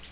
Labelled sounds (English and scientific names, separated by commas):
Yellow-rumped Warbler (Setophaga coronata) flight call